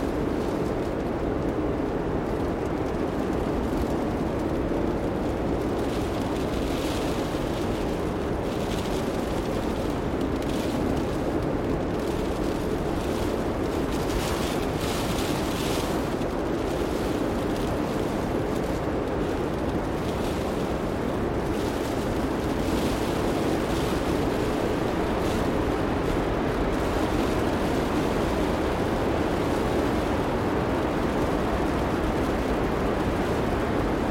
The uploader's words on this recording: Snow Blizzard | Natural White Noise in the Car Cocoon. As the wind howls outside and snow pelts the exterior.